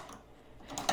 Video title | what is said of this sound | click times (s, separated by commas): Embroidery Appliqué T-Shirt - Ricoma Embroidery | and get it locked into place and we're good there | 0.8 s, 0.9 s